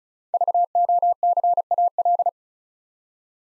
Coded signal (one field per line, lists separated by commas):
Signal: Morse code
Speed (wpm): 36 wpm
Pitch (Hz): 700 Hz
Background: none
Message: VOCAL